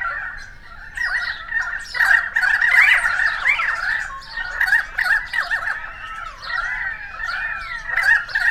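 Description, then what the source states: Currawongs calling together in a dense, overlapping chorus of squawks and ringing whistled notes, continuous across the whole stretch with no real pauses. Several currawongs, recorded 28 May 2013.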